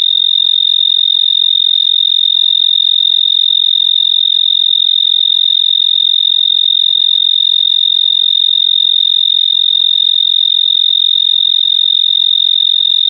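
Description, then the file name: Tree cricket song, one unbroken high, even trill lasting the whole time at constant pitch and loudness. Recorded 26 March 2011 at an air temperature of 22.5 °C. "Oecanthus pictus – Recorded at 26 03 2011 – 22 , 5 degree Celsius"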